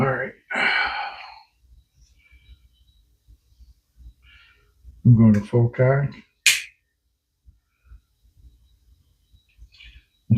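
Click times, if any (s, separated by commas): 6.5 s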